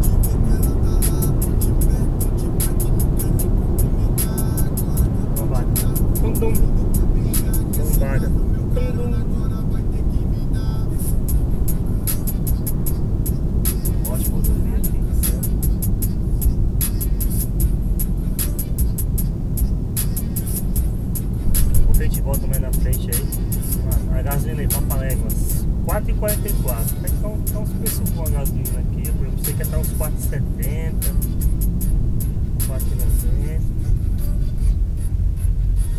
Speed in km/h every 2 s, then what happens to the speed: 110, 110, 109, 97, 87, 86, 82, 75, 69, 67, 69, 71, 71, 68, 63, 58, 48, 34.
4-17 slows to 67. 17-24 steady at about 69. 24-36 slows to 34.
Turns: none.